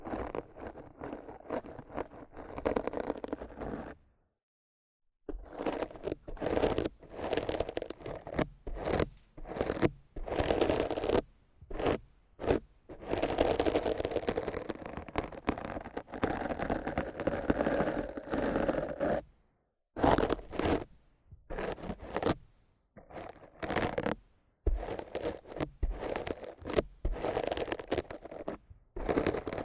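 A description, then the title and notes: Rough scratching and brushing on a microphone comes in dense, gritty bursts, broken by frequent short silences, with a fuller continuous stretch mid-clip. ASMR Rough Mic Scratching & Brushing (No Talking).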